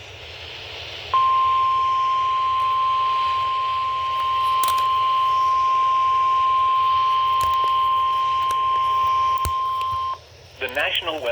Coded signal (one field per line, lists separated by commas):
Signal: Emergency Alert System (SAME) tones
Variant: 1050 Hz attention tone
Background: speech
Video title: EAS #292-293 Severe Thunderstom Warning on NOAA Weather Radio/FM Radio